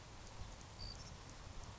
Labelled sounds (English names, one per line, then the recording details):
Savannah Sparrow
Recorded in Sonoma County, California